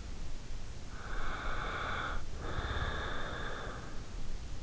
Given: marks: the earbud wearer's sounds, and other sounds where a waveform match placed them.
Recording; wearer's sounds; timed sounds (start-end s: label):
sounds in sleep by an in-ear microphone; breath
0.62-4.10 s: breath